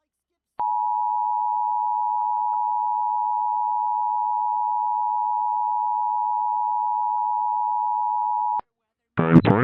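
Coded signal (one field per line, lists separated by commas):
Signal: Emergency Alert System (SAME) tones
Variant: 853 and 960 Hz attention tone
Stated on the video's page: Mock (simulated) double EAS Civil Danger Warning for a hurricane evacuation.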